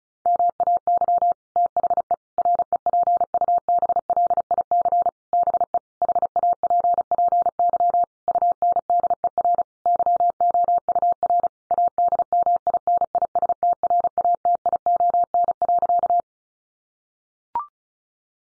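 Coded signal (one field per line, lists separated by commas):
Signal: Morse code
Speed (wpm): 34 wpm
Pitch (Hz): 700 Hz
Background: none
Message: MAY THE REPUBLIC BE HAPPY UNDER YOUR ADMINISTRATION.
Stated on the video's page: Head-copy practice at 35 wpm: sentences from the top 1500 words, sent in Morse, then spoken, then sent again in Morse.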